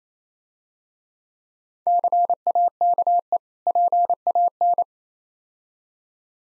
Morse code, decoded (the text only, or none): CAKE PAN